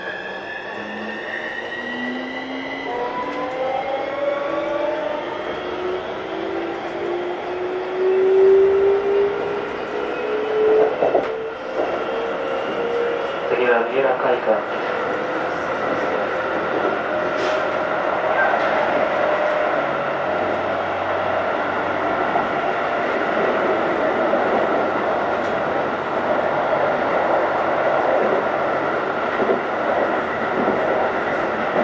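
A Keikyu New 1000 series train pulls away, its motor tones rising in steady stepped whines over the first twelve seconds. Afterward a dense, even rumble of wheels and running noise holds at cruising speed, with a few brief clicks and jolts around 11 to 17 seconds.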